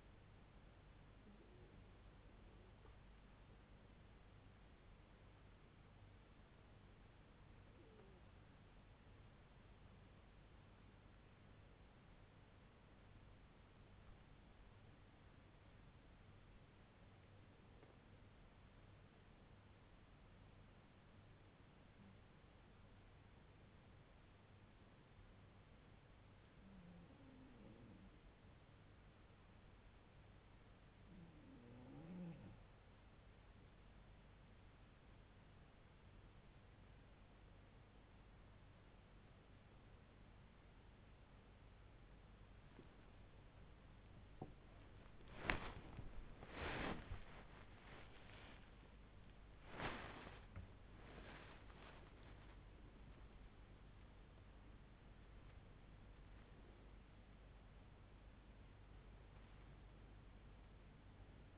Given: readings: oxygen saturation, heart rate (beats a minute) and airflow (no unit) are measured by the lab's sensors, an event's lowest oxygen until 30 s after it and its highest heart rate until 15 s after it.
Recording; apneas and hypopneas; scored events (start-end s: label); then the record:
breathing in sleep by a voice recorder at the bedside; 1
12.00-38.20 s: hypopnea (N2, oxygen 94% highest, then 91% lowest)
41.00-61.58 s: new sleep stage, awake
44.00-61.58 s: awake
From the record:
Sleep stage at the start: N2 (light sleep); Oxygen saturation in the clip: 91 to 94%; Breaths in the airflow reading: 12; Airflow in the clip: -9.8 to 8.4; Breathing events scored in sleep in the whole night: 368 in 8.0 hours asleep